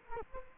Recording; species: mosquito wingbeat signal from an infrared sensor; Culex quinquefasciatus